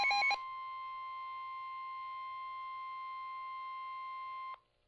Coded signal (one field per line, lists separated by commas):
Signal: Emergency Alert System (SAME) tones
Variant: 1050 Hz attention tone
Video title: Special Marine Warning #11 - 07/24/22 (EAS #2,620)